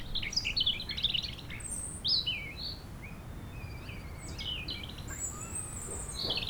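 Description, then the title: European robin song: thin, high warbled phrases with sliding whistles and sparkling trills in bursts, over a steady low rush of wind. Sunny sloping lawn by the beach in Chindrieux, France, sheltered from the north wind; robin singing not far off, with wind murmuring in the trees. "Chem. des Rubellines, Chindrieux, France - rouge gorge"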